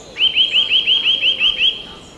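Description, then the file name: Eurasian nuthatch with a quick, regular string of about nine bright rising whistles, each note short and clear, over faint background hiss. "Sitta europaea"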